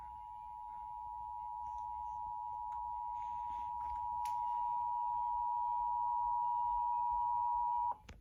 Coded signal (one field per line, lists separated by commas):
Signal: Emergency Alert System (SAME) tones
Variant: 853 and 960 Hz attention tone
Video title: EAS 489 - RMT